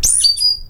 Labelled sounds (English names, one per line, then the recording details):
Stitchbird song
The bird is a male
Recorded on Tiritiri Matangi Island, New Zealand, in 2005
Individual 22, of nest box 31